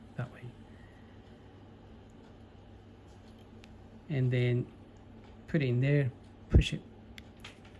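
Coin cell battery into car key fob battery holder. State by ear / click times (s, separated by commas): seated / 7.2 s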